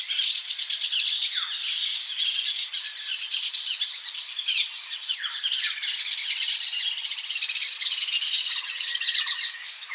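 Striated yuhina chatter, a steady stream of thin, high twitters and buzzy chips, with occasional sharper downward-sliding notes standing out.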